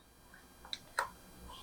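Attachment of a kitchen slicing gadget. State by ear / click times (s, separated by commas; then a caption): not seated / none. An attachment is pushed onto a kitchen slicing gadget while cucumbers are being pickled. A few small snaps and knocks are heard, the loudest near 0.7 s and 1.0 s. None of them is a locking click, and the attachment has not locked into place.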